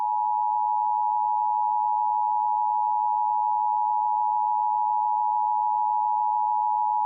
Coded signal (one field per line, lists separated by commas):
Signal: Emergency Alert System (SAME) tones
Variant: 853 and 960 Hz attention tone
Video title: [Audio EAS Capture #2] (Cancelled) Child Abduction Emergency on WBAP-AM (EAS #255) (Read Desc.)